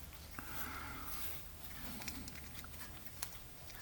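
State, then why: Not seated. A keyed plastic or wooden model ship part is handled against its keyed mating slot on the model, with soft rustling and a few small sharp taps over low steady background noise. The clip ends just before the part goes home, and nothing has seated or clicked into place yet.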